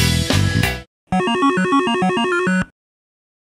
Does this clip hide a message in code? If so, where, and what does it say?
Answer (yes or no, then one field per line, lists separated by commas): no